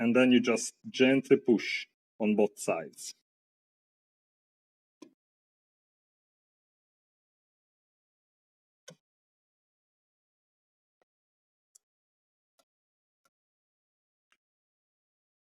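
Someone talks while a 168-pin SDRAM DIMM memory module is handled at its memory slot in an iMac G3, about to be pushed gently on both sides until the slot levers snap back. After the talking, only a few faint, brief ticks break the silence. Nothing has seated or clicked yet.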